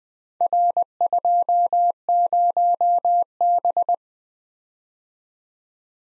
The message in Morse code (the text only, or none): R20B